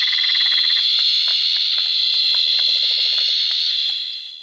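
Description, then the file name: Bleating tree frog calling in a dense chorus, a steady high shrill band overlaid with rapid pulsed trains of lower notes. "litoria dentata"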